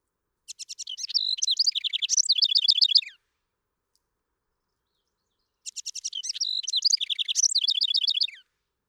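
House wren song, two bursts of bubbly, fast-paced chattering trills, each about two and a half seconds, separated by a few seconds of silence.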